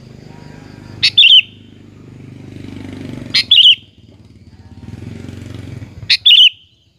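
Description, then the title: Sooty-headed bulbul song: three short, bright, bubbly phrases about every two and a half seconds, over a low rumbling background. "Kutilang"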